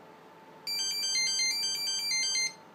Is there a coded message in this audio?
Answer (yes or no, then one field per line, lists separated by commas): no